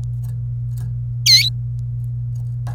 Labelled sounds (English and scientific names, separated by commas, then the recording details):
Domestic Canary (Serinus canaria) song
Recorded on 27 April 2018 at 07:39
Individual llb3